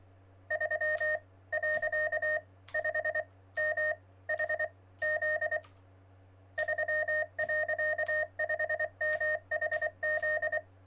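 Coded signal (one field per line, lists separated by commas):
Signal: Morse code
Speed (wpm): 24 wpm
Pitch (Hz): 1850 Hz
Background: none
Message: 3.5MHZ 3.5MHZ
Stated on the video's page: Test stream, checking levels.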